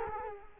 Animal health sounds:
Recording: mosquito wingbeat signal from an infrared sensor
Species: Culex quinquefasciatus

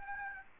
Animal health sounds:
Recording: mosquito wingbeat signal from an infrared sensor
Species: Aedes aegypti

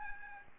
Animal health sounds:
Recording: mosquito wingbeat signal from an infrared sensor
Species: Aedes albopictus

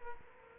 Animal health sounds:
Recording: mosquito wingbeat signal from an infrared sensor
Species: Culex quinquefasciatus

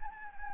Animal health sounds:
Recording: mosquito wingbeat signal from an infrared sensor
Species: Anopheles gambiae

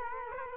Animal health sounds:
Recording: mosquito wingbeat signal from an infrared sensor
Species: Culex quinquefasciatus

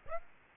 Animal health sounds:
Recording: mosquito wingbeat signal from an infrared sensor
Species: Aedes aegypti

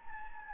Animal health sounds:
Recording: mosquito wingbeat signal from an infrared sensor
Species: Anopheles gambiae

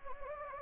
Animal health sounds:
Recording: mosquito wingbeat signal from an infrared sensor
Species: Anopheles gambiae

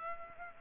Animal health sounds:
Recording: mosquito wingbeat signal from an infrared sensor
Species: Culex pipiens

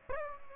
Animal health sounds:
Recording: mosquito wingbeat signal from an infrared sensor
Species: Aedes aegypti

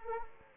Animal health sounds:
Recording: mosquito wingbeat signal from an infrared sensor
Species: Anopheles arabiensis

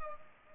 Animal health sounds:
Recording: mosquito wingbeat signal from an infrared sensor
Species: Culex pipiens

